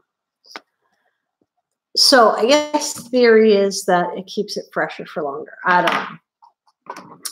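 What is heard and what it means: A mascara cap, sealed to its tube by suction, is pulled open, releasing with a single sharp pop at 0.6 s. After a short silence, someone talks for the rest of the clip.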